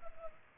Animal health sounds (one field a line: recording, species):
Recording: mosquito wingbeat signal from an infrared sensor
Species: Culex pipiens